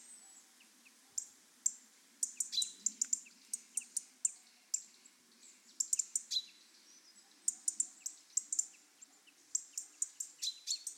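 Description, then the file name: European robin calls: rapid high chirps and thin ticking notes in quick bursts with short pauses, overlapping a little, over a faint low hum. "Erithacus rubecula"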